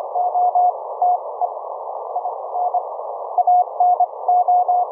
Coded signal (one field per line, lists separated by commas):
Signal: Morse code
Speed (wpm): 25 wpm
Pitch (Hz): 720 Hz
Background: none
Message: OTE INANO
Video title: Experimental Ham Radio REMOTE RIG AUDIO setup - TCP IP audio OVER the LAN - LIVE HF QSO demo